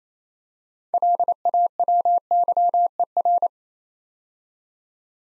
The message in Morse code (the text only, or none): LAWYER